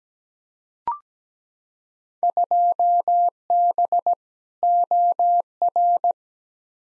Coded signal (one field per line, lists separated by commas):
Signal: Morse code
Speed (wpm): 17 wpm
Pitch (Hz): 700 Hz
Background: none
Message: 2B OR